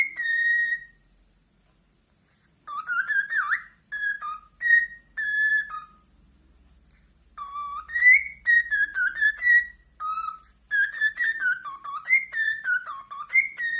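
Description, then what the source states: Cockatiel whistling a varied melody of slurred, wavering notes in phrases separated by quiet pauses. Several cockatiels singing, whistled song.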